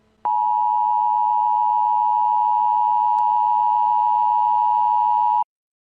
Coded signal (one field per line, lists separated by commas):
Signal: Emergency Alert System (SAME) tones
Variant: 853 and 960 Hz attention tone